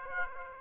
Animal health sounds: mosquito wingbeat signal from an infrared sensor; Aedes aegypti

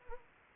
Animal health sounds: mosquito wingbeat signal from an infrared sensor; Anopheles arabiensis

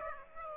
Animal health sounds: mosquito wingbeat signal from an infrared sensor; Aedes aegypti

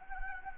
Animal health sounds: mosquito wingbeat signal from an infrared sensor; Anopheles gambiae

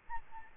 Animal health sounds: mosquito wingbeat signal from an infrared sensor; Aedes albopictus

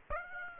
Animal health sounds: mosquito wingbeat signal from an infrared sensor; Aedes aegypti

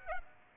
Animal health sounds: mosquito wingbeat signal from an infrared sensor; Aedes aegypti

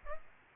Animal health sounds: mosquito wingbeat signal from an infrared sensor; Aedes aegypti

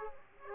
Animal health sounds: mosquito wingbeat signal from an infrared sensor; Aedes aegypti

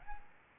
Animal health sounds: mosquito wingbeat signal from an infrared sensor; Aedes albopictus

